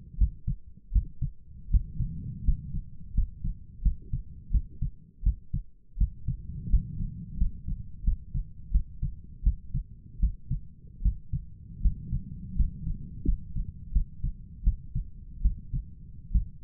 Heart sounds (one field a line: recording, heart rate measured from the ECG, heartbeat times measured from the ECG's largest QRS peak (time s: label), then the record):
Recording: heart sounds by stethoscope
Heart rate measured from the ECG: 82 bpm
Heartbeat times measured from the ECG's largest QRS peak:
0.18 s: heartbeat
0.92 s: heartbeat
1.71 s: heartbeat
2.44 s: heartbeat
3.14 s: heartbeat
3.82 s: heartbeat
4.51 s: heartbeat
5.23 s: heartbeat
5.98 s: heartbeat
6.70 s: heartbeat
7.38 s: heartbeat
8.04 s: heartbeat
8.72 s: heartbeat
9.43 s: heartbeat
10.20 s: heartbeat
11.02 s: heartbeat
11.82 s: heartbeat
12.56 s: heartbeat
13.25 s: heartbeat
13.92 s: heartbeat
14.64 s: heartbeat
15.42 s: heartbeat
16.32 s: heartbeat
From the record:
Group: healthy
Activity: rest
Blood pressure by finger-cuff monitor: 118/62 mmHg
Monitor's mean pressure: 75 mmHg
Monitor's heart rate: 83 bpm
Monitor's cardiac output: 8 L/min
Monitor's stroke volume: 95 mL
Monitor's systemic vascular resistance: 670 dyn s/cm5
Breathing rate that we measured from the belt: 12 breaths a minute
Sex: male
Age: 23 years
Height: 179 cm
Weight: 87 kg